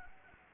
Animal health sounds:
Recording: mosquito wingbeat signal from an infrared sensor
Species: Anopheles arabiensis

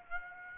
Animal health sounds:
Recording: mosquito wingbeat signal from an infrared sensor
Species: Aedes aegypti

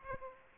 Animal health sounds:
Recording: mosquito wingbeat signal from an infrared sensor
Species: Aedes aegypti

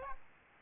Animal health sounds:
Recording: mosquito wingbeat signal from an infrared sensor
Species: Aedes albopictus

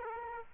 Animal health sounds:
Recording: mosquito wingbeat signal from an infrared sensor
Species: Aedes aegypti

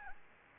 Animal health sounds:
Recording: mosquito wingbeat signal from an infrared sensor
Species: Anopheles gambiae

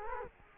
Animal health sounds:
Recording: mosquito wingbeat signal from an infrared sensor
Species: Culex quinquefasciatus

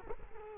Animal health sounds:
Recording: mosquito wingbeat signal from an infrared sensor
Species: Culex quinquefasciatus

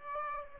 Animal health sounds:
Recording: mosquito wingbeat signal from an infrared sensor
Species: Aedes aegypti

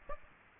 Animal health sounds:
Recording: mosquito wingbeat signal from an infrared sensor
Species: Aedes aegypti

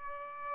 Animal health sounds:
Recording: mosquito wingbeat signal from an infrared sensor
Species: Aedes albopictus

